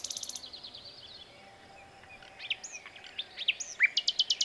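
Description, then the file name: Common nightingale singing: a rapid burst of repeated notes, a quiet pause, then scattered rising whistles and a final fast run of repeated notes. "Luscinia megarhynchos"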